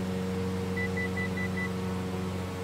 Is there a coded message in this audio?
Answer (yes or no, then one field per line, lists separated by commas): no